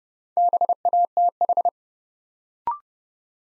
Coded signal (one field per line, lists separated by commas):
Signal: Morse code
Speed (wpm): 30 wpm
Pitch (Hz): 700 Hz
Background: none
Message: BATH